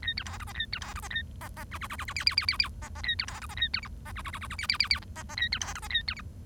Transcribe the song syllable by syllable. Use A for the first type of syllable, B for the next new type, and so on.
A B C D E A B C D E A E E F F F F F G G G G G E E A B C D E A B H E F F F F F G G G G I E E A B C D E A B H